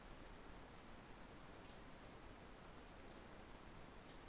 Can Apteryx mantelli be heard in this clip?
no